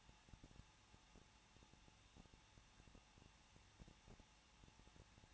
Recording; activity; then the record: daily activity, microphone in the room; no activity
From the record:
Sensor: 1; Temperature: 20.1 degrees Celsius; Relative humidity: 39.1%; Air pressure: 1006.3 hPa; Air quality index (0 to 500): 217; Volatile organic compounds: 76 ppm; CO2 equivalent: 3572 ppm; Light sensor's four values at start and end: 1/2/1/1 and 1/2/1/1